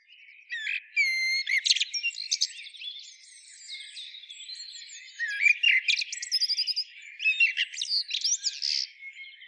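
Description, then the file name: Common blackbird uttering a busy stream of high, scratchy twitters and thin whistled notes in irregular bursts throughout. "Turdus merula"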